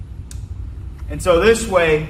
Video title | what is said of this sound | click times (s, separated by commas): 🕵️Merits Health Yoga Folding Mobility Scooter Review Video | lock it back up | 0.3 s